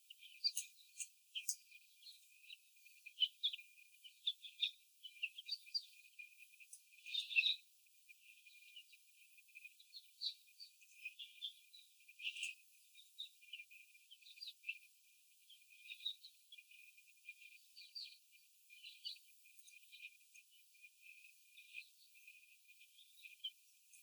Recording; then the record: young laying hens in a cage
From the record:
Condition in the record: before the stressor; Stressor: sudden umbrella opening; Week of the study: 3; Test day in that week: 2